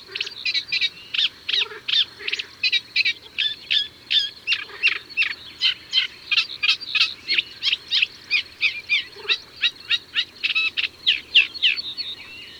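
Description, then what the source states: Eurasian reed warbler song: a steady, rhythmic stream of harsh chattering and grating notes, repeated about three times a second, with faint low notes underneath. Recorded in May.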